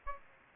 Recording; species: mosquito wingbeat signal from an infrared sensor; Aedes aegypti